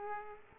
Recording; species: mosquito wingbeat signal from an infrared sensor; Aedes aegypti